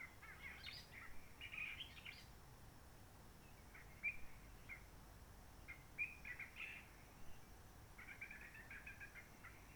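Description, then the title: Réunion bulbul singing brief, bright chattering phrases interspersed with single sharp notes, over a constant low hum. Roche Merveilleuse forest, Réunion; quiet since the 19 March 2020 lockdown, no hikers, microlights or helicopters; sunny blue sky; birds not very active; sings simpler short phrases, adapted to past noise pollution. "Roche Merveilleuse, Réunion - Merle de lîle de la Réunion."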